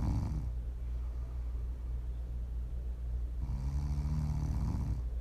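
Low, rumbling snores from a sleeping adult, with a buzzy inhaled snore at the start and another near the end, separated by about three seconds of quieter breathing. Ordinary snoring during sleep, as ASMR snoring to sleep, relax or wind down to.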